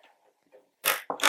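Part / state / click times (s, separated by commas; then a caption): choke linkage part into its socket on a chainsaw / seated / 1.1 s. On a second push, the plastic choke linkage part of a Stihl MS310 chainsaw with a no-start problem after storage snaps into its socket, with a sharp click at 1.1 s. Faint low rustling comes first, then loud broadband scraping bursts just before and after the click. The part is seated.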